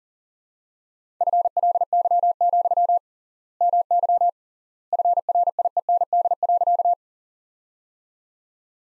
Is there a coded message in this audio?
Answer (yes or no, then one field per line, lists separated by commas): yes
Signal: Morse code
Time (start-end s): 1.2-6.9 s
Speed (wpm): 37 wpm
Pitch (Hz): 700 Hz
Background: none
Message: FLY, MY FRIEND.